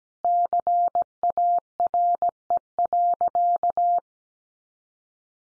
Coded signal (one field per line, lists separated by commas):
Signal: Morse code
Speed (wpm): 17 wpm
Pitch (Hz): 700 Hz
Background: none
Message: CARE.